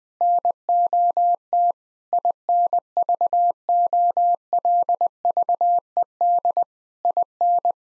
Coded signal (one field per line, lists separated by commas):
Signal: Morse code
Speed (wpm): 21 wpm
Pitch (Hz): 700 Hz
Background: none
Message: NOT INVOLVED IN